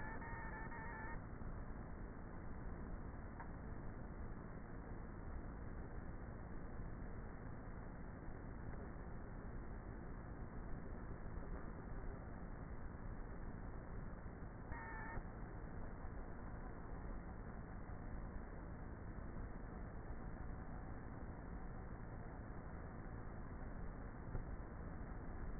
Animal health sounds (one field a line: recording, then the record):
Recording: honeybee colony, microphone inside the hive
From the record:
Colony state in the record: queenless with a low population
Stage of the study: before two queens were removed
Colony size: about 30,000 bees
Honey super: no